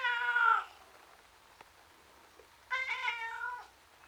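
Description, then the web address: Domestic cat meowing twice, a wail followed after a pause by a longer wailing cry. Tom cat, outside, sounding miserable. "BBC Sound Effects Library. Miserable Tom Cat"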